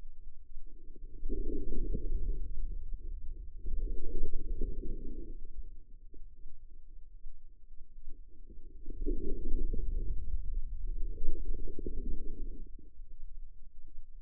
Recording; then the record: forearm muscle sounds (acoustic myography)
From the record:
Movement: inward rotation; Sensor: system 2, bracelet of six BSWA MPA416 microphones around the upper forearm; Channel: 6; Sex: female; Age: 25 years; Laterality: right